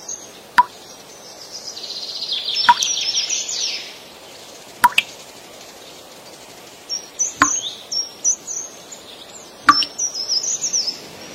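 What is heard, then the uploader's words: Drizzle drips from the eaves in sharp plops every two seconds or so, while birds chirp brightly in the background. Listen to the sound of drizzle dripping from the eaves.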